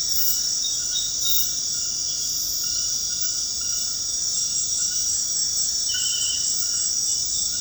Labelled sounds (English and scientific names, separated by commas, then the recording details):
none
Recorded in secondary vegetation near Puerto Asís, Putumayo, Colombia, on 21 February 2024 at 21:30
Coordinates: 0.472, -76.331
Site G6371